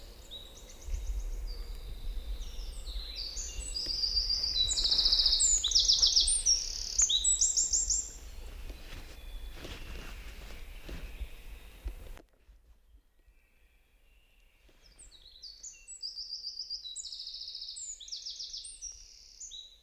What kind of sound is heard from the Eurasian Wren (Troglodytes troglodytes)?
song